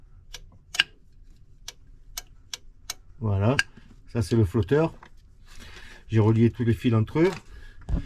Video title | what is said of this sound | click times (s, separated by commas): Installation de la pompe de cale automatique. | J'ai attaché les faisceaux avec le on entend le petit clic. | 0.8 s, 1.7 s, 2.2 s, 2.5 s, 2.9 s